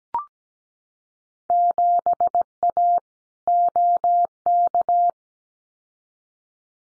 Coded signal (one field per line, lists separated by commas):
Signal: Morse code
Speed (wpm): 17 wpm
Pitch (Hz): 700 Hz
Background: none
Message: 7A OK